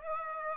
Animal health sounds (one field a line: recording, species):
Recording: mosquito wingbeat signal from an infrared sensor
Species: Aedes aegypti